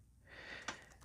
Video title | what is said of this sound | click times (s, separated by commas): Transformers Legacy United Victory Universe Dinoking (PulseCon exclusive) review | it tabs in which is a very it's not a satisfying click | 0.7 s